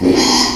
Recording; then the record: squeal of a Yucatan mini pig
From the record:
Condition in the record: after surgery on the right vocal fold (resection and tissue-engineered implant); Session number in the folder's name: 2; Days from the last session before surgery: 13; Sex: male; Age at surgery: 12 weeks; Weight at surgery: 13 kg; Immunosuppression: cyclosporine, prednisolone